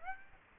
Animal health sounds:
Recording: mosquito wingbeat signal from an infrared sensor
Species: Aedes aegypti

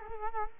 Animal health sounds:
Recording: mosquito wingbeat signal from an infrared sensor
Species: Culex quinquefasciatus

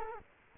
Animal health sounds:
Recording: mosquito wingbeat signal from an infrared sensor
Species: Culex quinquefasciatus

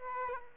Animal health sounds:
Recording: mosquito wingbeat signal from an infrared sensor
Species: Aedes aegypti

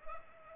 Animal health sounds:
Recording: mosquito wingbeat signal from an infrared sensor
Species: Culex pipiens

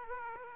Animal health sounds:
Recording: mosquito wingbeat signal from an infrared sensor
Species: Aedes aegypti

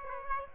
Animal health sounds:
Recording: mosquito wingbeat signal from an infrared sensor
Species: Aedes aegypti

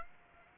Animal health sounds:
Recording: mosquito wingbeat signal from an infrared sensor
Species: Aedes aegypti

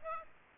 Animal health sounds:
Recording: mosquito wingbeat signal from an infrared sensor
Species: Aedes aegypti

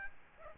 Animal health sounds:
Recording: mosquito wingbeat signal from an infrared sensor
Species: Aedes aegypti

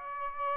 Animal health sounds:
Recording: mosquito wingbeat signal from an infrared sensor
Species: Aedes aegypti

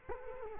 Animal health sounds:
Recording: mosquito wingbeat signal from an infrared sensor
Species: Culex quinquefasciatus

